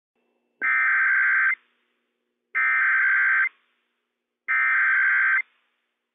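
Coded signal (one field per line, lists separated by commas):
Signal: Emergency Alert System (SAME) tones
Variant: header bursts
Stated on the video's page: Child Abduction Emergency alert on WWF56 for all of Washington State.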